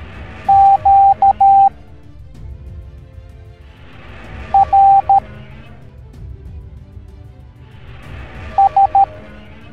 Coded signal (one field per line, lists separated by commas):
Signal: Morse code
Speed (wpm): 13 wpm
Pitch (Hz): 790 Hz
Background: music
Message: Q R S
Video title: Wither Storm Minecraft Teaching the Morse Code Alphabet Educational Video for Kids